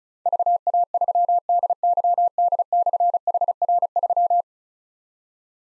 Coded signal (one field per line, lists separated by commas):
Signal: Morse code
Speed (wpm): 36 wpm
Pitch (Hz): 700 Hz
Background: none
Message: VA3DYD/HR3